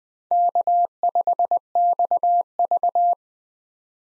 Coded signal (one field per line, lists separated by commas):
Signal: Morse code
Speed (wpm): 20 wpm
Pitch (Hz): 700 Hz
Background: none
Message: K5XV